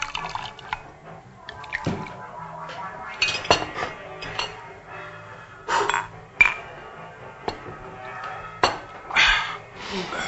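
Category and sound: household object, glasses clinking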